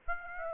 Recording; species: mosquito wingbeat signal from an infrared sensor; Aedes aegypti